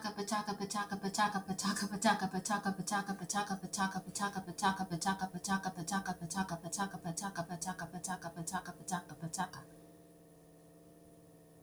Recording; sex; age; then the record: repeated syllables /pa ta ka/; female; 30 to 39 years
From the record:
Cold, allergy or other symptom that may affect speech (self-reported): no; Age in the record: 33 years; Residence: Florida, United States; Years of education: 12